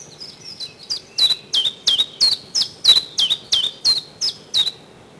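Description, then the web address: Common chiffchaff song: a steady run of many sharp, high notes, each dropping in pitch, delivered about three per second over a faint background hiss. Recorded in spring. "vremena vesna 11 penochka-tinkovka"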